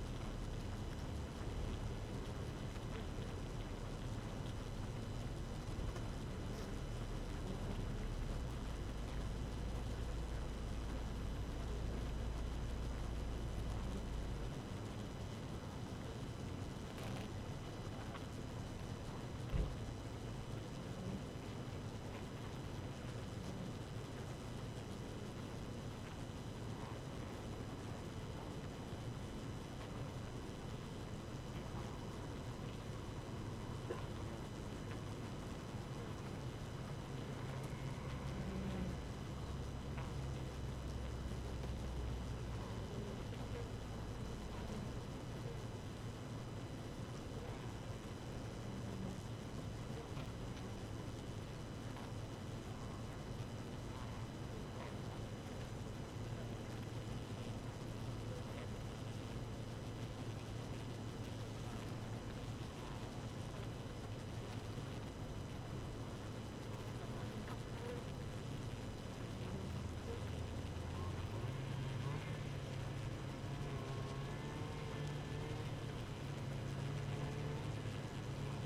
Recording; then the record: honeybee colony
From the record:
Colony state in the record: active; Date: 12 June 2018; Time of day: 4:16